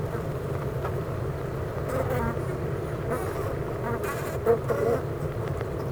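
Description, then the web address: Honey bees in a constant humming drone, a louder single-bee buzz flaring briefly near the end. Honey bee hive at Clara Vale, Gateshead, UK. "impossible-music Honey Bee Hive-Clara Vale,Gateshead,UK"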